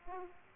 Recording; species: mosquito wingbeat signal from an infrared sensor; Aedes aegypti